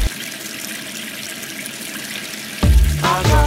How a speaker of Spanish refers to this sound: Y la canilla abierta por un minuto gasta 6 litros de agua.